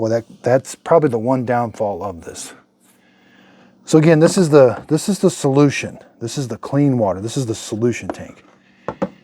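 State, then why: Seated. Someone talks, then the plastic solution tank (the clean water tank) of a portable carpet spot cleaner is set back onto the machine body and snaps into place. Two short clicks are heard at 8.9 s and 9.0 s as the tank seats.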